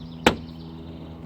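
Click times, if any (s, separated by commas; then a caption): 0.3 s. An interior door trim panel on a G35 is pushed onto the door so its plastic push connectors snap into the metal door. A single sharp click at 0.3 s rises sharply over a steady low background hum. The push clip clicks in and is seated.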